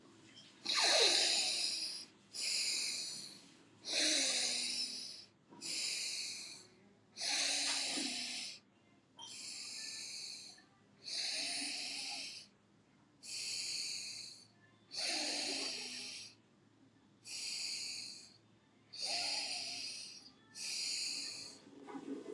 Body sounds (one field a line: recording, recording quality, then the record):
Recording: deep breathing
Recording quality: moderate, slight background noise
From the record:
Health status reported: healthy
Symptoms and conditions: none ticked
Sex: female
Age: 26 years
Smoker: not ticked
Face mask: worn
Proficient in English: yes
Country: India